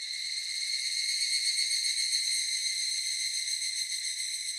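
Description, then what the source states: Evening cicada song, a steady ringing trill with stacked tonal bands, pulsing rapidly and evenly throughout without pause. Recorded 18 July 2004.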